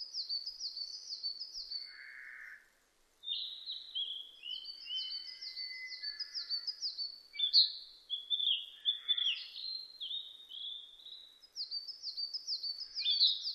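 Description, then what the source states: Narcissus flycatcher singing almost continuously: repeated series of high, clipped down-slurred notes mixed with whistles and warbles, with one brief pause early on. Recorded 25 April 2006; Japanese name kibitaki.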